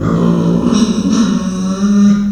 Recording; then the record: squeal of a Yucatan mini pig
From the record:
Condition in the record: after surgery on the right vocal fold (resection and tissue-engineered implant); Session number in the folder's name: 9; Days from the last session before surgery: 65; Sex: female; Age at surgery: 19 weeks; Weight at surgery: 25 kg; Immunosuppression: prednisolone